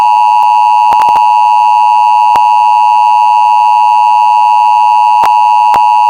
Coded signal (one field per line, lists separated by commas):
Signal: Emergency Alert System (SAME) tones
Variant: 853 and 960 Hz attention tone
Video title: EAS Scenario #25: It's Not One, Not Two, But THIRTY FIVE ASTEROIDS!!!!!!!!!!!!!!!!!!!!!!!!!!!!!!!!!